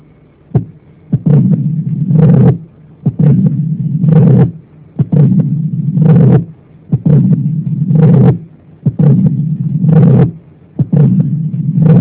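Sharp heart sounds at about 60 per minute, each followed by a low rumbling diastolic murmur that builds before the next beat, heard through a stethoscope over an adult heart: mitral stenosis.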